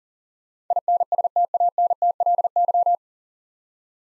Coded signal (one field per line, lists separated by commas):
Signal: Morse code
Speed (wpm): 40 wpm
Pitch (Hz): 700 Hz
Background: none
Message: INSTANTLY